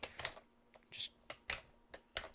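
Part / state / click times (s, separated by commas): middle body section of a plastic transforming robot toy / seated / 2.2 s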